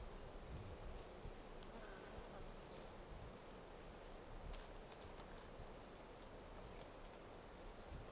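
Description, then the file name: Brachycephalus toadlet giving brief high-pitched peeps, sometimes paired, at irregular intervals, with faint high chirps between them. Two individuals (4 and 5) recorded at Corcovado; the first two notes of the call sequence were lost. "Brachycephalus sp ind 4 ind 5 Corcovado two starting notes lost"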